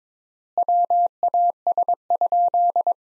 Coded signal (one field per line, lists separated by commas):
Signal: Morse code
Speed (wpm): 22 wpm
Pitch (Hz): 700 Hz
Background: none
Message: WAS?